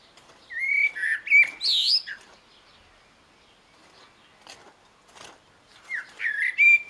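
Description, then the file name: Common blackbird song: a fluted whistled phrase ending in a high scratchy twitter, then a pause and a second phrase starting, with faint clicks between. "Turdus merula"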